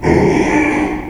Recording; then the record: squeal of a Yucatan mini pig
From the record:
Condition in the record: after surgery on the right vocal fold (resection and tissue-engineered implant); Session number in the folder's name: 2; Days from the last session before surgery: 13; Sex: male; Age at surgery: 12 weeks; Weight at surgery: 13 kg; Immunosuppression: cyclosporine, prednisolone